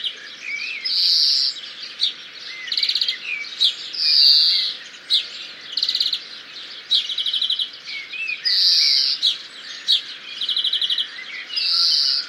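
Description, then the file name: European greenfinch: drawn-out buzzy wheezes alternating with short dry trills, repeated several times. "Chloris chloris"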